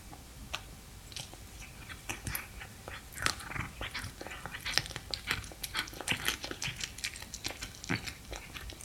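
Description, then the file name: Cat chewing and crunching food, a steady run of sharp wet clicks and bites with brief pauses, no voice heard. Eating fish. "Digiffects Sound Effects Library - Cat Eating Fish"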